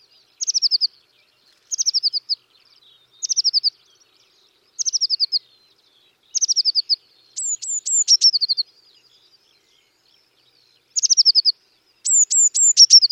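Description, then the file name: Eurasian Blue Tit song: short fast trills repeated several times, some later phrases opening with high sharp notes before the trill, quiet background. "Cyanistes caeruleus"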